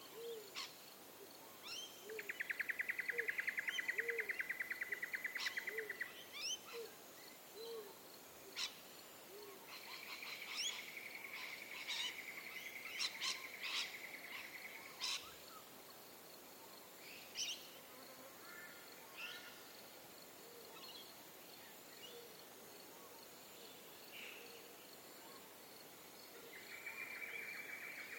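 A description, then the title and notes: An early morning soundscape at a river crossing, full of layered birdsong. A low, repeated hooting call pulses through the first seven seconds, while bright buzzing trills rise around 2–6 and 10–15 seconds and again near the end, over scattered chirps and whistles. Early morning soundscape from a causeway over the North Pine River at Juff's Crossing, Dayboro, SE Qld. Bird species that can be heard include Rose-crowned Fruit Dove, Spectacled Monarch, White-eared Monarch, Golden Whistler, Torresian Crow and Yellow-tailed Black Cockatoo.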